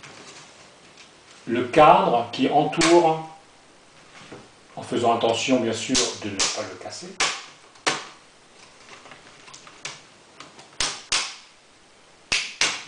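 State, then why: Released. Someone talks as the plastic bezel around the screen of an HP ENVY DV6 laptop display lid (screen model LP156WF4SLB7) is prised off by hand after its 4 screws have been removed. Its plastic clips pop loose one by one in sharp snaps at 10.8, 11.1, 12.3 and 12.6 seconds, releasing the bezel.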